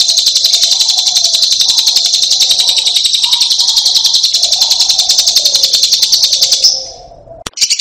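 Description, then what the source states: Lovebird giving a long, loud, very fast high trill with a faint wavering lower tone beneath, then fading out, followed by a few clicks. Masteran (tutor audio) for training other birds to sing.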